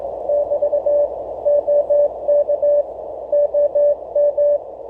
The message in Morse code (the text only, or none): <BT> OK OM